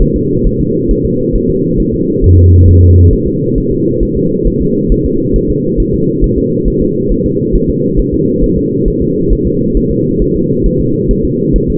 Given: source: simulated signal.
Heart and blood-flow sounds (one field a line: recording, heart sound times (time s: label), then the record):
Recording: fetal heart sounds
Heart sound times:
0.02 s: S1
0.16 s: S2
0.47 s: S1
0.61 s: S2
0.91 s: S1
1.05 s: S2
1.36 s: S1
1.50 s: S2
1.80 s: S1
1.94 s: S2
2.24 s: S1
2.38 s: S2
2.69 s: S1
2.83 s: S2
3.13 s: S1
3.27 s: S2
3.58 s: S1
3.72 s: S2
4.03 s: S1
4.17 s: S2
4.47 s: S1
4.62 s: S2
4.92 s: S1
5.06 s: S2
5.36 s: S1
5.50 s: S2
5.80 s: S1
5.94 s: S2
6.24 s: S1
6.38 s: S2
6.68 s: S1
6.82 s: S2
7.12 s: S1
7.26 s: S2
7.55 s: S1
7.70 s: S2
7.99 s: S1
8.14 s: S2
8.44 s: S1
8.58 s: S2
8.88 s: S1
9.02 s: S2
9.33 s: S1
9.47 s: S2
9.77 s: S1
9.91 s: S2
10.22 s: S1
10.36 s: S2
10.66 s: S1
10.81 s: S2
11.11 s: S1
11.25 s: S2
11.56 s: S1
11.70 s: S2
From the record:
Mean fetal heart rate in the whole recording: 135 bpm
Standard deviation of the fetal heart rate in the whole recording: 3 bpm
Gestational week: 36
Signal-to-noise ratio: -11.2 dB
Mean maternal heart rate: 72 bpm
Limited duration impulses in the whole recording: present